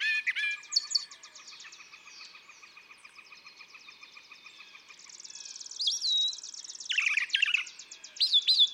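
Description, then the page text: Brown thrasher song: long, fast trills of high notes change pace and pitch, broken by louder slurred and rising phrases. Same male brown thrasher, among about three and a quarter hours recorded, at Atlanta, Michigan, March 28, 2017; repertoire estimated at about 1300 songs, including imitations of other species. "Birdsong for the Curious Naturalist. Brown thrasher. March 28, 2017. Atlanta, Michigan"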